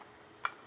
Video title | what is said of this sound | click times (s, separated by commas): More from Temu ~ Unboxing & Review | clicks into place | 0.5 s